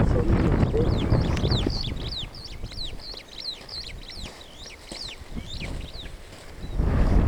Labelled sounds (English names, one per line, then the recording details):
Superb Starling flight call
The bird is a male
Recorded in Kenya on 21 July 2010
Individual 32, of group DRT2